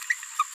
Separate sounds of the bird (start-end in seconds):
0.09-0.16, 0.38-0.44